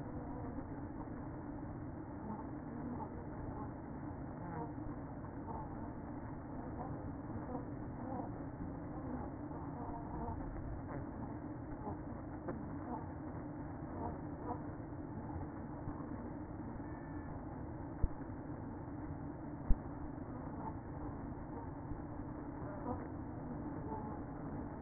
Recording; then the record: honeybee colony, microphone inside the hive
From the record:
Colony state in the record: queen present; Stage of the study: after two queens were removed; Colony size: about 60,000 bees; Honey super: yes